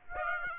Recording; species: mosquito wingbeat signal from an infrared sensor; Aedes aegypti